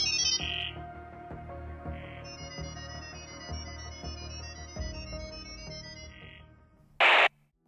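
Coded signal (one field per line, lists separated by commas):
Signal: data over sound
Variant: ggwave (Gibberlink)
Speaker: como pudieron ver en el video un asistente de Inteligencia artificial en una computadora comienza a charlar con otra Inteligencia artificial simulando una reservación de hotel pero a mitad de la conversación los Bots se cambian al modo jerling este modo es una locura una mezcla de sonidos que parecen sacados de los viejos modems de comunicación o de pitidos de robots de Star Wars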